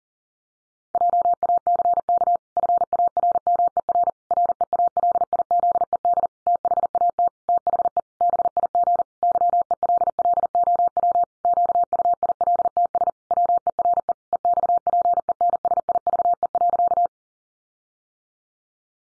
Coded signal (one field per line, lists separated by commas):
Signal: Morse code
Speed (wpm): 37 wpm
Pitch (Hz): 700 Hz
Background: none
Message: JACK FARMER REALIZED THAT THE BIG YELLOW QUILTS WERE EXPENSIVE.